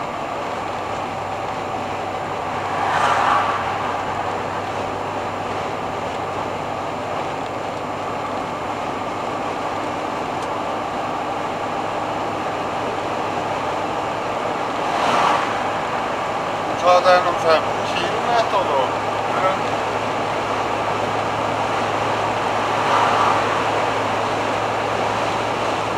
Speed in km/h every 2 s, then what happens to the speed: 87, 87, 88, 89, 90, 91, 92, 93, 94, 95, 95, 96, 97.
0-26 speeds up to 97.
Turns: none.